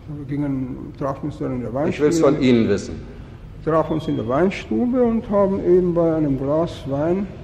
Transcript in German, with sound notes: Wir gingen, wir trafen uns dann in der Weinstube -
[genervt wirkend] Ich will’s von Ihnen wissen!
Trafen uns in der Weinstube und haben eben bei einem Glas Wein,